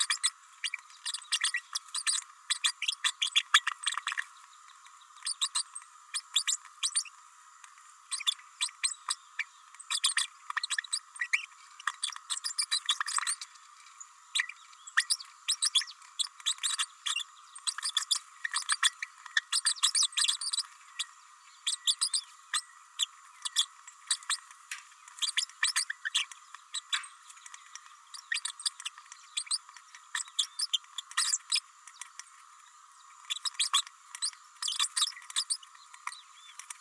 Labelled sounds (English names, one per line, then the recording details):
Green-rumped Parrotlet babbling
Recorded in a nest box in Venezuela
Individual 18B104A3